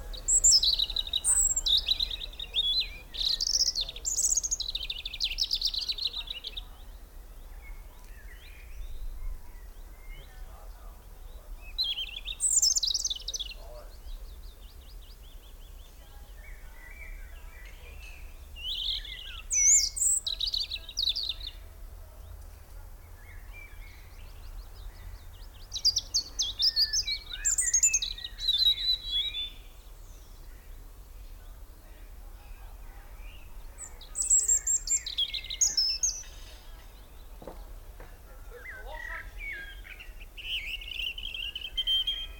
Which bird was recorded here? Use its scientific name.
Erithacus rubecula